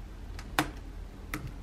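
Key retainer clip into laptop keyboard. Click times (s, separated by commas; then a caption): 0.6 s. A plastic scissor retainer clip for a small key on an HP 255/256 laptop keyboard is pushed in at its bottom corners and snaps into the keyboard with a sharp click at 0.6 s, leaving it secured. A faint tick comes at 0.4 s and a second, softer click at 1.3 s.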